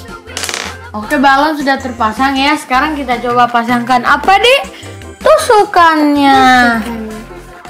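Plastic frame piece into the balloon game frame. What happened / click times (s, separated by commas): Plastic toy part handled, not yet seated / none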